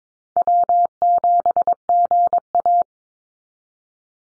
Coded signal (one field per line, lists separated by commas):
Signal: Morse code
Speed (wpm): 22 wpm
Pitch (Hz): 700 Hz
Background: none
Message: W7GA